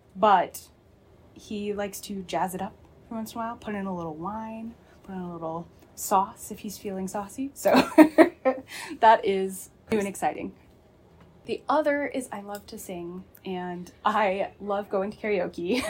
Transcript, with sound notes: but he likes to jazz it up once in a while: put in a little wine, put in a little sauce, if he’s feeling saucy. So [subject laughs] that is new and exciting. The other is I love to sing, and I love going to karaoke.